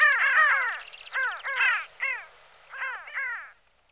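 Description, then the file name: Pin-tailed sandgrouse giving harsh, down-slurred notes in quick bursts, with brief pauses between groups. "Stepokur krasny Pterocles alchata"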